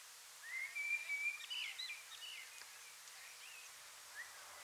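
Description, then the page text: Willow warbler song: a soft, sweet whistled phrase of slurred notes that trails off into quieter notes, over a steady background hiss. "Willow Warbler Song - Quick Sounds"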